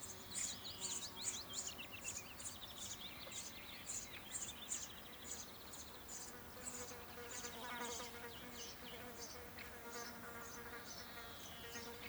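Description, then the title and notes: Insect sounds: many short, high buzzy pulses repeated throughout. Recorded at Larnichtsberg in a meadow near a forest, beside a wheat field, on a mild, windy summer morning. "Larnichtsberg - Summer Morning. On a mellow windy summer morning near a forest. insect in the meadow"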